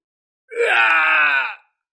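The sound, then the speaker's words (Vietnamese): A man's agonized scream of pain: one loud, strained cry that rises sharply at the start, holds steady for about a second, then cuts off. No other sounds accompany it. “Tống Thiên Phong hét thảm một tiếng, dùng tay che lấy mi tâm, lảo đảo lui lại.”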